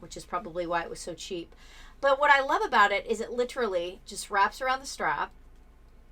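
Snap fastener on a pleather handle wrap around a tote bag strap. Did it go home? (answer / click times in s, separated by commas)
no / none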